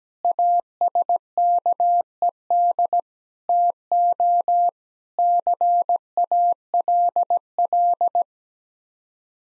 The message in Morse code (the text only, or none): ASKED TO CALL